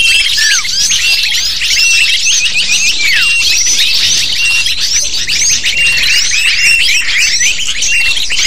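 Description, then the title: Lovebirds in a busy chorus of sharp, high chirps and squeals, many birds calling over one another without pause. Lure call to attract lovebirds. "PIKAT BURUNG LOVEBIRD"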